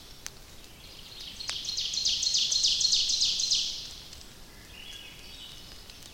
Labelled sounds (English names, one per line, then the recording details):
Ovenbird song
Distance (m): 55 m
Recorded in boreal forest in Alberta, Canada, on 29 May 2016 at 06:04
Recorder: SongMeter 3, array SBT-3-49
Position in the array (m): 71 m, 262 m
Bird 14